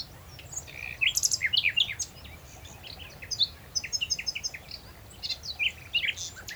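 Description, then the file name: Common nightingale song in short bursts of rapid chattering notes and quick rising chirps separated by brief pauses, over a soft low hum. "Luscinia megarhynchos"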